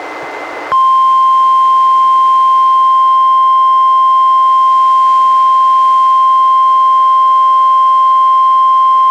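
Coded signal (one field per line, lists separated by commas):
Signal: Emergency Alert System (SAME) tones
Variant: 1050 Hz attention tone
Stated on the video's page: Weather radio weekly tests relayed by an NWR station, recorded from a Reecom R-1630 weather radio through a Zoom H1 recorder.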